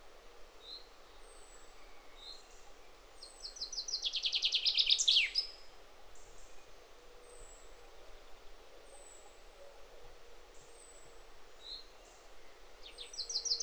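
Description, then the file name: Common chaffinch giving a bright, fast trill that ends in a descending flourish midway, with thin high whistles and faint chirps from other birds around it. "Fringilla coelebs"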